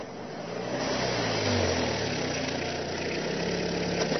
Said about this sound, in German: Wenn wir jetzt eine Bewegung wahrnehmen, zum Beispiel ein Auto fährt die Straße entlang und auf eine Garage zu, dann würde ein deutscher Muttersprachler beschreiben, das Auto fährt in die Garage.